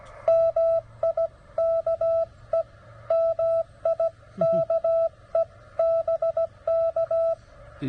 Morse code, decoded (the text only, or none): MIKE MIKE BK